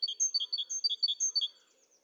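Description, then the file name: Great tit singing a quick run of ringing two-syllable phrases, several repeats, high and clear over a quiet faint background. "Parus major"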